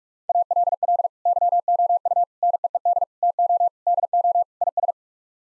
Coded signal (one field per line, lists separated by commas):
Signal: Morse code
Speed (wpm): 46 wpm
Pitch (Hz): 700 Hz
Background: none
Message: ALL YOU NEED TO DO IS